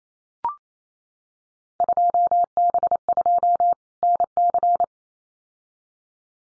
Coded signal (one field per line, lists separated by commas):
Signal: Morse code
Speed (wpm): 28 wpm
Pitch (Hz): 700 Hz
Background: none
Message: 2B2 NC